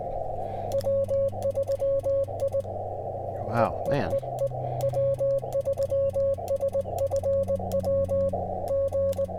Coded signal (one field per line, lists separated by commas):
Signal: Morse code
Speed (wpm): 20 wpm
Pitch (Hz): 550 Hz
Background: speech, radio noise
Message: W3I EEEE W3SFW G